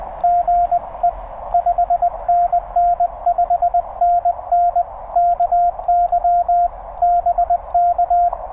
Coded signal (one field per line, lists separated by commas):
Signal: Morse code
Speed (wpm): 20 wpm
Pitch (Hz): 700 Hz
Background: radio noise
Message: GE 5NN 5NN KY BK